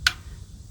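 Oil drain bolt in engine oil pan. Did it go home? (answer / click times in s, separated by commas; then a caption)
released / 0.1 s. A steel oil drain bolt is unscrewed by hand from the engine oil pan of a 2nd-generation Toyota Prius (2004–2009) during an oil change. A single sharp click sounds at 0.1 s as the last thread disengages, followed by a quiet low hum. The bolt is released from its threads and can be pulled off.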